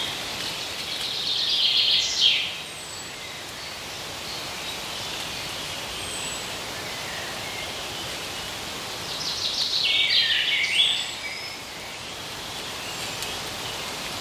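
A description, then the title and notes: In the woods, a steady low hiss of outdoor noise is broken by two bright bird calls, around two seconds and ten seconds. IN THE WOODS.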